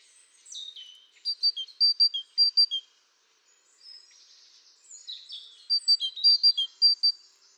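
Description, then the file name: Great tit song: repeated high-low ringing phrases in two bursts, mixed with thin twittering notes. "Parus major"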